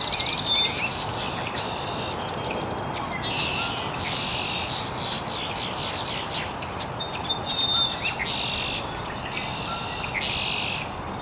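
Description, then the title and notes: Birds chirping and trilling, rapid overlapping high notes from a mixed chorus, set against a continuous rushing noise. Birds chirping very early in the morning in an estuary. "Birds Chirping in the Early Morning. Original sounds of birds chirping very early in the morning in an estuary"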